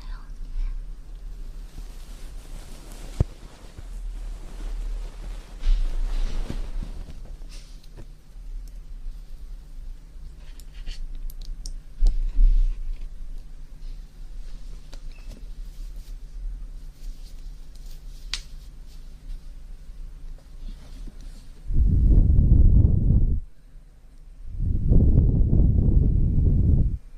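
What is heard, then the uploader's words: Ear cleaning sounds: a low steady rumble under soft, scattered clicks and faint crackles for the first twenty seconds. Near the end come two thick, loud bursts of rubbing or rushing, one around 22 seconds and a longer one from 25 seconds to the close. Ear Cleaning & Ear Massage Water Sounds.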